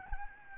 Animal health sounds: mosquito wingbeat signal from an infrared sensor; Aedes albopictus

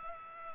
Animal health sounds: mosquito wingbeat signal from an infrared sensor; Culex pipiens

